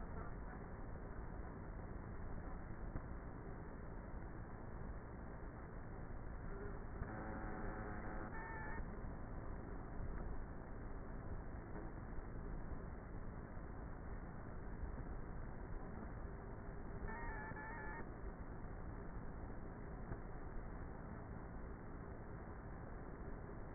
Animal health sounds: honeybee colony, microphone inside the hive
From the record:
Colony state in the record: queenless with a low population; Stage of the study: before two queens were removed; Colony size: about 30,000 bees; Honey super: no

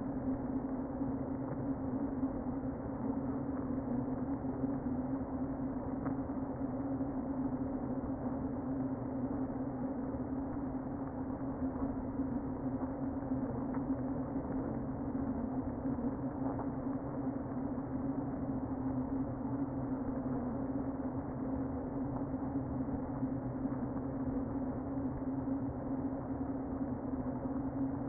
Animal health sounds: honeybee colony, microphone inside the hive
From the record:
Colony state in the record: queen present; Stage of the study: before two queens were removed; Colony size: about 60,000 bees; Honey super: yes

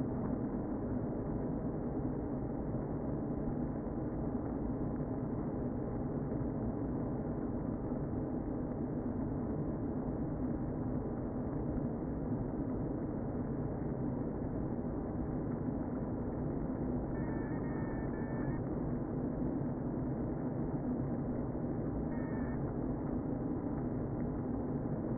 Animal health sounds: honeybee colony, microphone inside the hive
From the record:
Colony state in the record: queen present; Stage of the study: before two queens were removed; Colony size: about 60,000 bees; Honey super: yes

